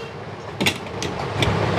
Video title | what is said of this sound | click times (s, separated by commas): Safest Cooker फटने से पहले रेड Nozzle Release हो जायेगा 😱 और पहाड़ों के लिए Emergency LED Light | यह लॉक हो गया अरे लॉक हो गया बिल्कुल अरे वाह | 1.4 s